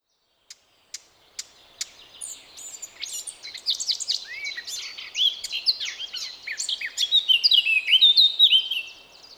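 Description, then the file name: Eurasian blackcap singing: a few sharp clicks, then a rapid, rambling warble of chattering and clearer whistled notes that swells in volume. "Sylvia atricapilla"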